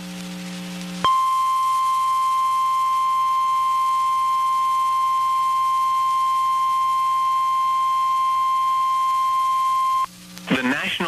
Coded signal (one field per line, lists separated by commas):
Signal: Emergency Alert System (SAME) tones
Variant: 1050 Hz attention tone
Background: speech